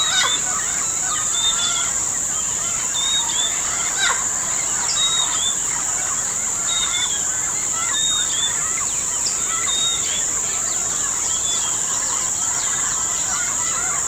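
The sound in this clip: Bird chorus of repeated thin whistles and chirps throughout, with a steady high hiss and a couple of soft knocks.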